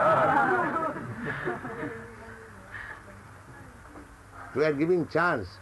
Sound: laughter

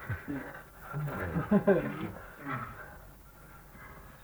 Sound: laughter

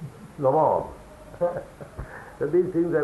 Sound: chuckles

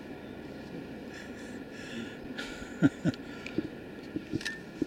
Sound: laughing

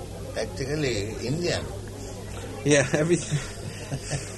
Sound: chuckles

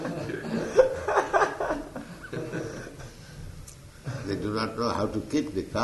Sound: laughter

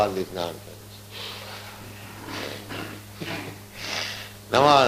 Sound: chuckles

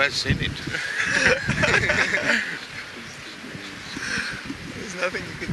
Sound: devotees are laughing

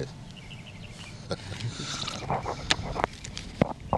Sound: laughs

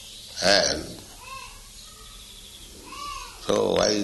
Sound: children outside yelling

